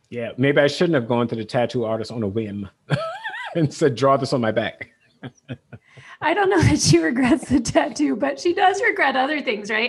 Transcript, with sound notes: Yeah, maybe I shouldn’t have gone to the tattoo artist on a whim and said draw this on my back. *laughs*
I don’t know if she regrets the tattoo, but she does regret other things, right?